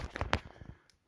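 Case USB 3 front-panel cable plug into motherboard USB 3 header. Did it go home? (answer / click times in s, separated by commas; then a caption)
yes / 0.3 s. A case's USB 3 front-panel cable plug is pushed onto the motherboard's keyed USB 3 header. A few small clicks are followed by a sharp, bright click at 0.3 s as the plug clicks in and is seated, then a faint tick near the end.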